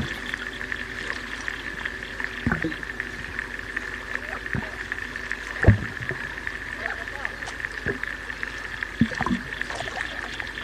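Water ambience from an aquatic soundscape, with a steady high-pitched whine and a low, constant hum running throughout. Sharp drips or knocks fall irregularly, near 2.5, 4.5, 5.7, 8 and 9 seconds, the loudest just before 6 seconds.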